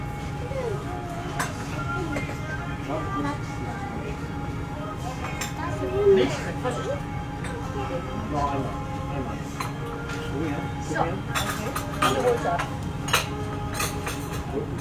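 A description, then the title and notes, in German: On the ferry from Konstanz to Meersburg, a steady low engine hum runs beneath scattered voices, with occasional clinks and brief sharp knocks. Auf der Fähre von Konstanz nach Meersburg. An das nördliche Ufer des Bodensees. Im Oktober 2018.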